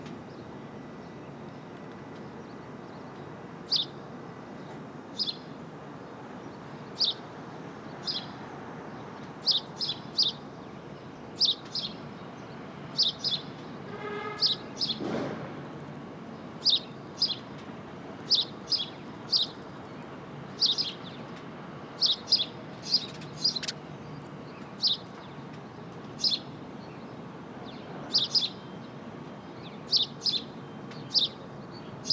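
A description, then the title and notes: Birds chirp in short, high, sharp notes, repeating every second or so and growing busier after about ten seconds. A steady low rumble sits underneath throughout, and around fifteen seconds a brief louder whoosh with a rising tone passes through. Brooklyn, Rooftop 5 - 8-20, Some Birds by Bandeto.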